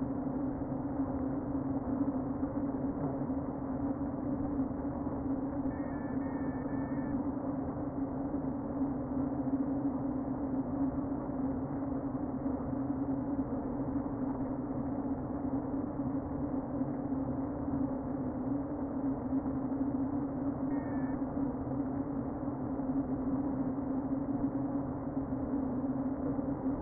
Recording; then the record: honeybee colony, microphone inside the hive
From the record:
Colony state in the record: queen present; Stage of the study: before two queens were removed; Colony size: about 60,000 bees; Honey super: yes